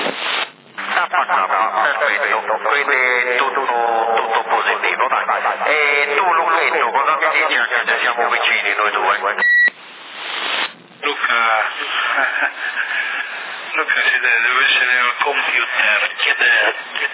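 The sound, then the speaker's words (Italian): A voice comes over a CB radio in Sassari in December 2010, amplified and with an added echo chamber effect, sounding thin and narrow-band as it talks almost nonstop, broken only by a brief pause partway through. “modulazione abbastanza squillante, buona, si sente che c'è un'amplificazione e un po' di camera eco.”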